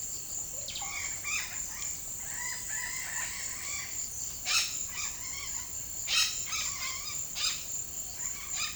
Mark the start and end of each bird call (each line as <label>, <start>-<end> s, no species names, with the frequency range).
bird call (0.4-6.7 kHz), 0.68-3.93 s
bird call (0.5-7.5 kHz), 4.46-5.73 s
bird call (0.5-7.6 kHz), 6.05-7.57 s
bird call (0.5-6.3 kHz), 8.01-8.75 s